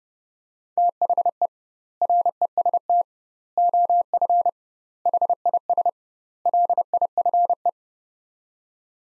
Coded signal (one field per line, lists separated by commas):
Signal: Morse code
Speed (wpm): 30 wpm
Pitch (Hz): 700 Hz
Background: none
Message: THE REST OF HIS LIFE